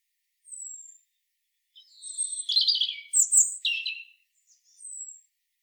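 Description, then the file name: European robin song opening with a thin, high descending whistle, then a tumbling phrase of sharp, shimmering notes, and closing with another thin high whistle. "Erithacus rubecula"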